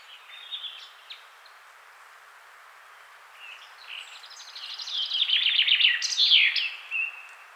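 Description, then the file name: Common chaffinch song: a few scattered high notes, then a trill builds and descends into a loud terminal flourish near the end. "Fringilla coelebs"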